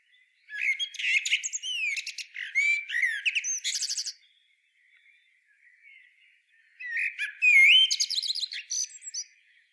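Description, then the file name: Common blackbird singing two long phrases of mellow whistles and high chattering twitters, with a quiet gap of roughly three seconds between them. "Turdus merula"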